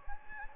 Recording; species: mosquito wingbeat signal from an infrared sensor; Anopheles gambiae